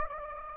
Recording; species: mosquito wingbeat signal from an infrared sensor; Anopheles gambiae